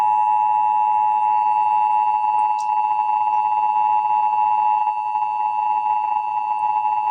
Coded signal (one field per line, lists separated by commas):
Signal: Emergency Alert System (SAME) tones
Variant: 853 and 960 Hz attention tone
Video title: (EAS #752-757) November 2024 Texas Required Monthly Test